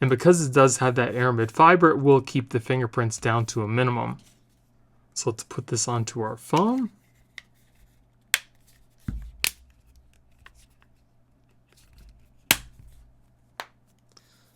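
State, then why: Seated. Someone talks, then a thin aramid-fiber minimalist case is pressed onto a Google Pixel 9 Pro XL phone corner by corner, with several sharp snaps and small clicks. It seats with clear snaps at 9.4 s and 12.5 s, snapping neatly into place on the phone.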